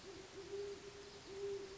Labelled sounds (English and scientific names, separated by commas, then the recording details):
Great Horned Owl (Bubo virginianus)
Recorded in Sonoma County, California